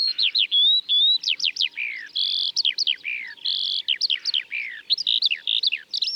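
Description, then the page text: Eurasian skylark song: fast, varied run of sharp chirps, buzzy notes and thin whistles, tumbling on without break, bright and high. Recorded in Ladakh. "eurasian skylark – Birds of Ladakh"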